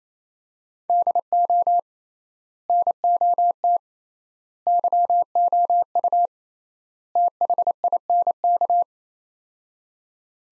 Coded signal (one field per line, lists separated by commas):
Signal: Morse code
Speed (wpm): 27 wpm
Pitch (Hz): 700 Hz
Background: none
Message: DO NOT YOU THINK